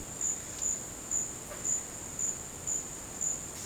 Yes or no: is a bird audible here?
no